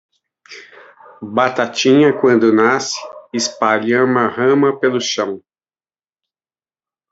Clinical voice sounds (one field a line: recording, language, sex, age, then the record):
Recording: short text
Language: Brazilian Portuguese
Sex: male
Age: 50 to 59 years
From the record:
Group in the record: control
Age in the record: 55 years